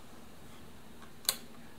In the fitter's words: And you can hear that click.